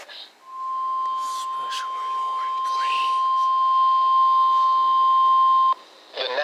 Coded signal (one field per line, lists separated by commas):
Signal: Emergency Alert System (SAME) tones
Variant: 1050 Hz attention tone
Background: speech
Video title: 2 MWSs, 1 SMW, & a RARE SPS! - EAS Alerts #168-#169 from 08/22/2022